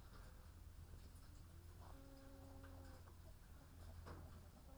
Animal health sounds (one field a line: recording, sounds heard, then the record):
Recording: poultry house recording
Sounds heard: sick chickens (respiratory disease)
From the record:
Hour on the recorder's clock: 14